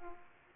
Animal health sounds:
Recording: mosquito wingbeat signal from an infrared sensor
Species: Aedes aegypti

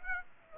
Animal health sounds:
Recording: mosquito wingbeat signal from an infrared sensor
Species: Aedes aegypti

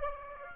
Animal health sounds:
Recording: mosquito wingbeat signal from an infrared sensor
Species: Aedes aegypti

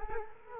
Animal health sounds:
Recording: mosquito wingbeat signal from an infrared sensor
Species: Culex quinquefasciatus

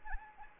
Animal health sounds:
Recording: mosquito wingbeat signal from an infrared sensor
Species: Anopheles arabiensis

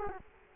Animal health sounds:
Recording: mosquito wingbeat signal from an infrared sensor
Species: Culex quinquefasciatus

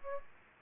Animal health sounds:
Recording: mosquito wingbeat signal from an infrared sensor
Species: Aedes aegypti

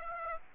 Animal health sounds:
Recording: mosquito wingbeat signal from an infrared sensor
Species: Aedes aegypti

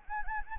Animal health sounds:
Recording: mosquito wingbeat signal from an infrared sensor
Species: Anopheles gambiae

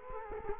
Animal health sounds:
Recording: mosquito wingbeat signal from an infrared sensor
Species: Culex quinquefasciatus

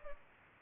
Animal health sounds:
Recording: mosquito wingbeat signal from an infrared sensor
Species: Culex pipiens

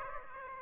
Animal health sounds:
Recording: mosquito wingbeat signal from an infrared sensor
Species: Aedes aegypti

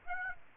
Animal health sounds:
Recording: mosquito wingbeat signal from an infrared sensor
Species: Aedes aegypti

